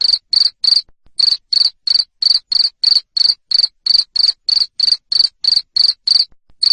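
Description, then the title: Cricket chirping in a rapid, even series of sharp high pulses, around three per second, with a brief gap early on. Loud cricket chirping to stimulate lovebirds to sing continuously. "Suara JANGKRIK NGERIK Keras Bikin LOVEBIRD Jadi NGEKEK Terus Vubey"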